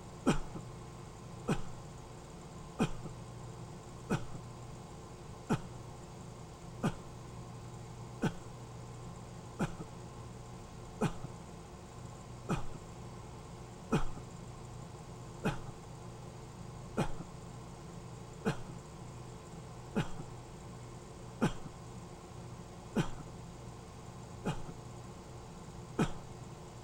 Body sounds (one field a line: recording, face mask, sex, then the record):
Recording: voluntary coughing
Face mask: surgical mask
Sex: male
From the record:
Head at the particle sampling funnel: turned sideways, cheek in front of it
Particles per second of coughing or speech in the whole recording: 0.216